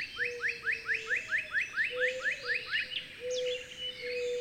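Bird song of quick rising chirps in a fast series, with faint high twitters and a low sustained tone running beneath.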